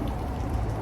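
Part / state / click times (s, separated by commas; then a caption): LED side marker lamp into car fender opening / not seated / none. A new LED side marker lamp housing is handled at the fender opening of a Porsche 986/987 Boxster, Cayman or 911 as it is about to be pushed in. Only a steady, hissy, rain-like noise with a low rumble is heard, with no distinct click. Nothing has seated or clicked yet.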